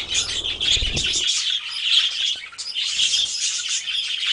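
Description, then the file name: Budgerigar calling as a flock, a dense stream of high chirps and squawks overlapping throughout, with a soft low thump near the start. A flock of parakeets. "suara-parkit-rombongan omkicau"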